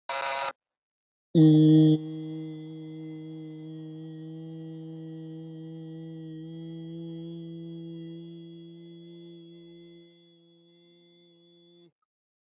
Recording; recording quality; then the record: sustained vowel as in beet; moderate, slight background noise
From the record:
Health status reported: healthy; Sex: male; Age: 21 years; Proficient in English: yes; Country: India